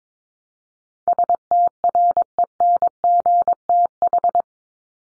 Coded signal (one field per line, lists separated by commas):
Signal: Morse code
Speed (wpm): 22 wpm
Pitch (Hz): 700 Hz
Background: none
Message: STRENGTH